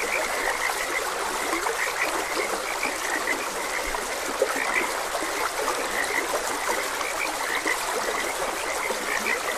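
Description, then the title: Frog chorus of brief, raspy croaks from several callers, above the constant babble of flowing water. Frogs croaking beside a gentle stream. "Gentle Stream and Frogs Croaking"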